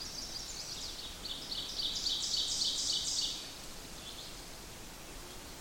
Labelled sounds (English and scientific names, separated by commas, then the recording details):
Ovenbird (Seiurus aurocapilla) song
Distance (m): 30 m
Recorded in boreal forest in Alberta, Canada, on 8 June 2016 at 06:49
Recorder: SongMeter 3, array SBT-3-9
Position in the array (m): 48 m, 104 m
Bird 33